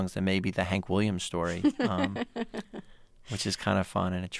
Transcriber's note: soundbite of laughter